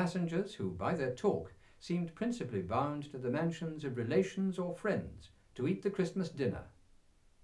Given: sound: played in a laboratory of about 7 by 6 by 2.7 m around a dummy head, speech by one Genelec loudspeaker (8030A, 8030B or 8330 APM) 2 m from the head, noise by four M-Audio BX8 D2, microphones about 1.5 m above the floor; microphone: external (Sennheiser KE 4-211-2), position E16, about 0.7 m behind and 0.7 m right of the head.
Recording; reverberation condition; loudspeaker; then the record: male speech in English; low; 60 degrees to the right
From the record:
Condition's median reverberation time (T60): about 310 ms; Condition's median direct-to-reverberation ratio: about 3.5 dB